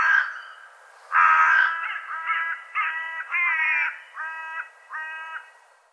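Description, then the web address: Bird uttering a steady string of about eight harsh, nasal caws, a loud one near the start, then evenly paced and slightly fading. "cianscape birddata"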